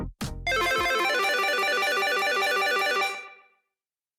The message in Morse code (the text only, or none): none